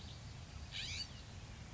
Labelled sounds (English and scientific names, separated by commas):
California Scrub-Jay (Aphelocoma californica)